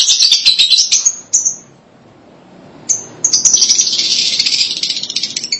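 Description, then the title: Lovebird chatter, a rapid high buzzy twittering with short sharp chirps, pausing for over a second before the fast chattering resumes. "BM Suara Burung Lovebird"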